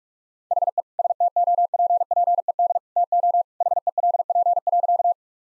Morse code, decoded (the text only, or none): HE STOPPED TO HELP.